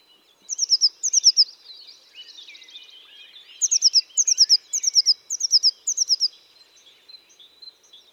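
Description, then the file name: Eurasian blue tit giving several groups of three to four high, sharp notes in two bouts. "Cyanistes caeruleus"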